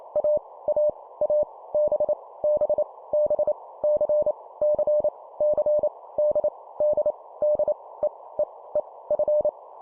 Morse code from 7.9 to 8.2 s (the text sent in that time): E